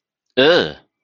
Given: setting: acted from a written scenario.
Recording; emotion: vocal sound without words; negative surprise